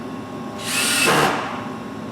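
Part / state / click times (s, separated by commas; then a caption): wood screw into door hinge / not seated / none. A power drill with a magnetic bit drives a wood screw into a door hinge and its wooden jamb, with a brief bright whirring burst from about 0.6 to 1.3 seconds over a low steady background. Nothing has seated or clicked yet: the screw is not tight, not stripped out, just not tightened.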